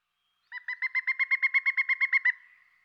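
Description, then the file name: Pileated woodpecker giving a rapid run of around thirteen clear, resonant 'wuk' notes at a steady pace, the series ending abruptly after nearly two seconds. "dan gibsons solitudes pileated woodpecker"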